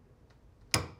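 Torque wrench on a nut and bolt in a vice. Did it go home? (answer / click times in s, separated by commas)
yes / 0.7 s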